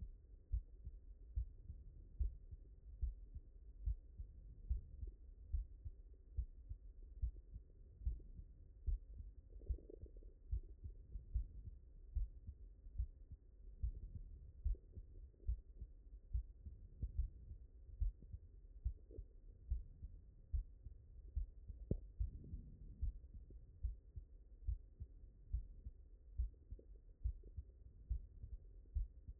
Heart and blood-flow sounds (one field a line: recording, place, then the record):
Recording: heart sounds by stethoscope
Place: mitral valve (MV)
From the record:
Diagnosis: non-HFrEF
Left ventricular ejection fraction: 57%